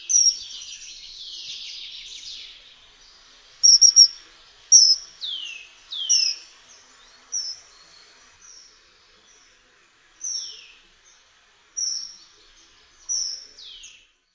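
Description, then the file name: Common kingfisher giving shrill, high piercing whistles, each note sharply descending, in a loose series of several calls after a brief rapid twitter. "zimorodek"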